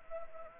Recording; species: mosquito wingbeat signal from an infrared sensor; Anopheles arabiensis